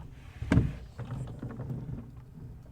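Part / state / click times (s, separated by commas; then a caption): closure piece pushed through the slot of a tissue holder / seated / 0.5 s. A closure piece on a handmade pocket tissue holder is pushed through its slot, going in a little tight before it snaps into place. A sharp snap is heard at 0.5 s, followed by fainter soft knocks and rustling around 1.0, 1.4 and 1.5 s. The closure is seated.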